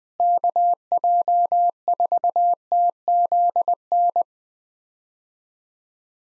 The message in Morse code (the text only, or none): KJ4TZN